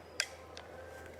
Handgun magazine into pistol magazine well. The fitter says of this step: very simple very nice and you're sliding in that magazine very nice and slow so you can hear click